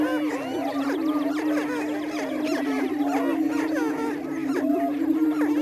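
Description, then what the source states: Greater prairie chickens in full chorus: a droning low boom plus ceaseless overlapping cackles and rising whoops. Missouri.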